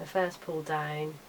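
The L-shaped inside-engraving adapter arm on a Magic E7 jewellery CNC engraving and cutting machine is handled as it starts its pull down toward the first detent, the position for engraving inside rings. Someone talks throughout, and nothing has seated or clicked yet.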